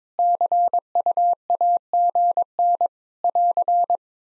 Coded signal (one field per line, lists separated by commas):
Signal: Morse code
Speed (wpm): 21 wpm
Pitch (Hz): 700 Hz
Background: none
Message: CUAGN <AR>